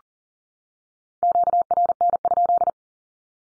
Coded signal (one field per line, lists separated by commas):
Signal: Morse code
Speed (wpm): 40 wpm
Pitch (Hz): 700 Hz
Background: none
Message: QRN?